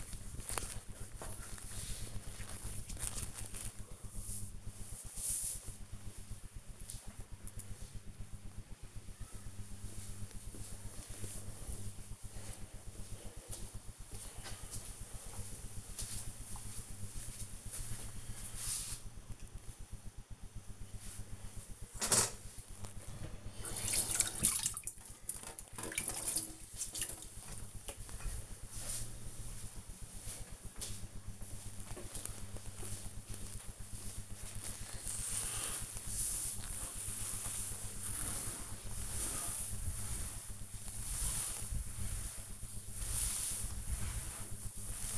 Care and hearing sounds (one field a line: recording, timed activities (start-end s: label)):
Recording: household activities, microphone on the right wrist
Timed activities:
0.00-3.35 s: cream hands
20.50-45.18 s: cleaning table